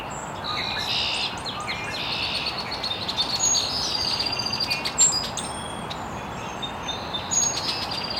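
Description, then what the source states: Birds chirping: many bright, high chirps and short whistled notes overlapping from several birds, with a steady low background hiss throughout. Birds chirping very early in the morning in an estuary.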